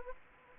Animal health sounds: mosquito wingbeat signal from an infrared sensor; Anopheles gambiae

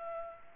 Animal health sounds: mosquito wingbeat signal from an infrared sensor; Culex pipiens

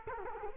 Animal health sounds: mosquito wingbeat signal from an infrared sensor; Culex quinquefasciatus

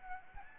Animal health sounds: mosquito wingbeat signal from an infrared sensor; Aedes albopictus

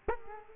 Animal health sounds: mosquito wingbeat signal from an infrared sensor; Culex quinquefasciatus

